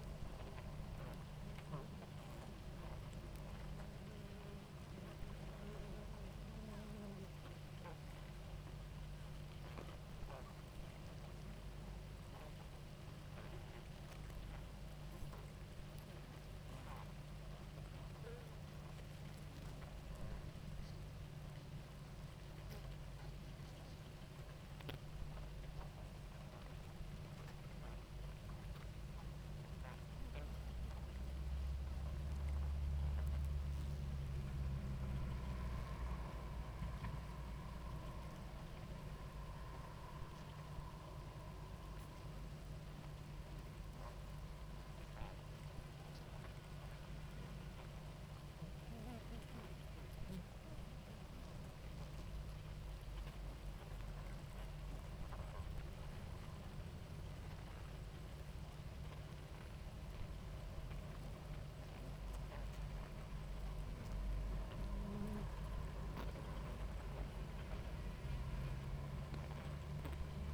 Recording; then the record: honeybee colony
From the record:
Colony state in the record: active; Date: 28 July 2017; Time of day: 18:36